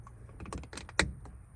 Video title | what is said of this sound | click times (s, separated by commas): BUNCH OF CHEAP UPGRADES! | pop that in. | 1.0 s